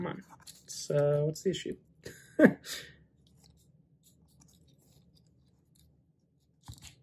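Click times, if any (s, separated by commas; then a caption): 6.9 s. Someone talks while rotating the gray plastic armature of a Transformers Kingdom Rodimus Prime transforming toy robot down so its little divot goes over the notch on the black piece. After repositioning, a short plastic click is heard at 6.9 seconds as the armature clicks into place and locks.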